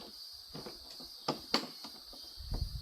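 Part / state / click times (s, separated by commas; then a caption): latch joining the tank halves of a portable camping toilet / seated / 1.3 s, 1.5 s. The two halves of a portable camping toilet's tank are pushed together, and the side latch clicks closed with two sharp clicks at 1.3 and 1.5 seconds over a steady high-pitched hiss. The latch locks the tank halves in place.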